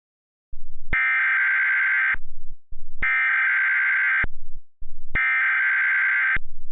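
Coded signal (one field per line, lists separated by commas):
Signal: Emergency Alert System (SAME) tones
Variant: header bursts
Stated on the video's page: Remake of the creator's first tornado warning EAS activation.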